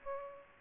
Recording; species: mosquito wingbeat signal from an infrared sensor; Aedes aegypti